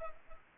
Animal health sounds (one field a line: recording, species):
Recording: mosquito wingbeat signal from an infrared sensor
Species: Culex pipiens